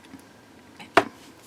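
An antique bronze jump ring on a bead pendant is squeezed shut with two pairs of round nose pliers. A faint tap at 0.8 s comes before a sharp, bright click at 1.0 s. The jump ring clicks closed properly.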